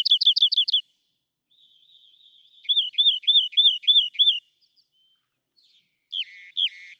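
Rock wren song: a quick series of six slurred, repeated notes, a pause, then a slower run of similar notes and a few harsher notes at the end.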